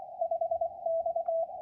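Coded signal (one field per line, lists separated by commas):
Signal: Morse code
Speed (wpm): 24 wpm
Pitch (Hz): 660 Hz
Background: radio noise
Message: 5X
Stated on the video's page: Received or sent on 40 m with a square loop in the vertical plane fed horizontally.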